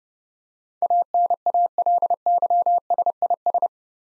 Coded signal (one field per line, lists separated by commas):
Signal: Morse code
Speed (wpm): 30 wpm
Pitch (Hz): 700 Hz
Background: none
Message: ANALYSIS